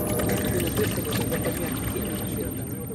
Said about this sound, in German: Aus einem Kanister schüttet sie Wasser in einen Teekessel, macht mit ein paar Ästen Feuer.